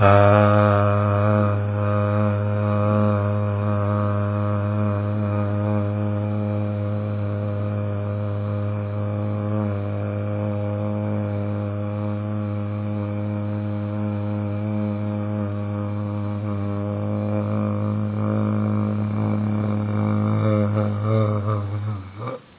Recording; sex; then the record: sustained vowel /a/; male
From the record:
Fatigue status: no fatigue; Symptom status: asymptomatic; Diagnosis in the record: COVID-19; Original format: 3gp